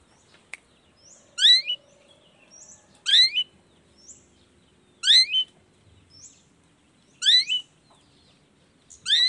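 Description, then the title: Long-tailed shrike song: clusters of sweeping slurred notes every two seconds or so, with faint thin whistles between. Morning singing of a vigorous long-tailed shrike with 'toet toet' sound variations, intended to stimulate lazy shrikes into singing along. "Cendet Gacor Dor Di Kala Pagi Toet Toet Variasi Suara. Cendet Gacor Di Pagi Hari Rangsangan Emosi Cendet Malas Bunyi Supaya Secepatnya Ikutan Bunyi"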